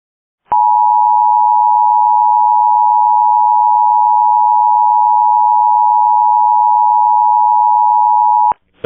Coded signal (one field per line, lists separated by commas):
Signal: Emergency Alert System (SAME) tones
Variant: 853 and 960 Hz attention tone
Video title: Local area emergency (EAS 75)